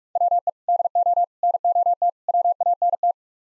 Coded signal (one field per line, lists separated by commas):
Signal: Morse code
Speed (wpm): 44 wpm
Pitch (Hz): 700 Hz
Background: none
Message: WE DO NOT WANT